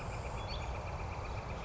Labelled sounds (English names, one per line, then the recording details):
Northern Flicker
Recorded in Sonoma County, California